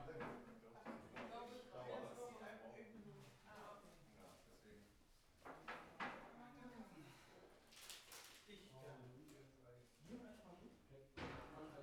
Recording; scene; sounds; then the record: everyday scene through a hearing-aid microphone; many people talking; many voices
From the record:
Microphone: behind the ear, left, rear